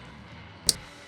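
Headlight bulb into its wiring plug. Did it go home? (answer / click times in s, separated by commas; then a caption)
yes / 0.7 s. A headlight bulb on a 2012–2017 Toyota Camry, its tabs matched to the tabs of its wiring plug, is pressed down into the plug. Against low background noise, a single sharp click sounds at 0.7 s as the bulb seats in the plug.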